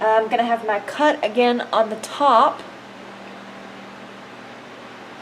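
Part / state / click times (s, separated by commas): copper wire conductor into a 110 punch-down block terminal / not seated / none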